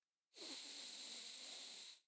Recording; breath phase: one breath near a microphone; inhalation